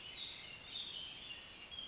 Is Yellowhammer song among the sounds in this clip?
no